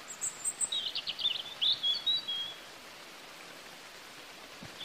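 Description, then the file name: European robin delivering one quick, high, tinkling warbled phrase of rapid notes lasting about two seconds, then falling quiet against steady background hiss. "Erithacus rubecula"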